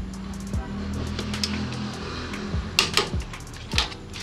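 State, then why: Torque reached. A click-type Flyman torque wrench set to 49 Nm tightens the loose drive shaft nut on a Honda Click 125i scooter, with a steady background hum and several sharp metallic ticks. The loudest, the wrench's click, comes at 2.8 s, with smaller ticks around 1.4, 3.0 and 3.8 s. The wrench has clicked, and the nut's tension is confirmed okay.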